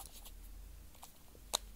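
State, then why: Seated. A plastic objective lens cap for Swarovski NL Pure binoculars (caps noted as faulty) is pressed onto the binocular's objective barrel until its small protrusion catches in the recess. After faint handling rustles, a sharp, bright click is heard at 1.6 s as the cap seats firmly in place.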